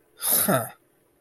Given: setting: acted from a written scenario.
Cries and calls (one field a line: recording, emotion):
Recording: vocal sound without words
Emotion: contempt